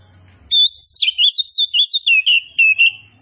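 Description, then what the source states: Oriental magpie-robin song: a brisk series of loud, looping whistles that tumble downward over about two and a half seconds. Local name kacer poci; described as gacor, singing actively.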